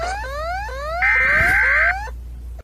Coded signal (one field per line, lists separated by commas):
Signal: Emergency Alert System (SAME) tones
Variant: header bursts